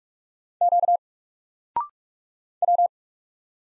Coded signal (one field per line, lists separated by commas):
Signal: Morse code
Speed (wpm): 44 wpm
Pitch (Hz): 700 Hz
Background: none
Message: Q W